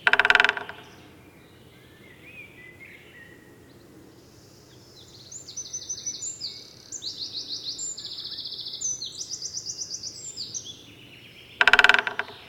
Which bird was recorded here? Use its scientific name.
Dendrocopos major